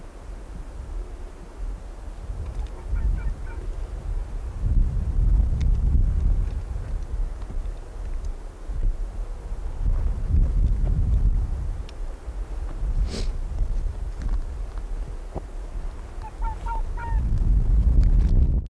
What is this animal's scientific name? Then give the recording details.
Vulpes lagopus. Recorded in the wild. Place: Insel Mednyi, Kommandeur-Inseln, RU. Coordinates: 54.5167, 168.083. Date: 1999-07-12 17:38. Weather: bedeckt, 10°C, schwacher Westwind. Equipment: Sony WM-D6C, Sennheiser MKH 40, Windkorb, Kopie Sony TCD-D8. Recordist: Frommolt, Karl-Heinz. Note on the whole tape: Südosten der Insel, Geröllfeld: acht Bellstrophen eines unmarkierten Polarfuchses (Alopex lagopus). Entfernung 100 m. Zum Teil gute Aufnahme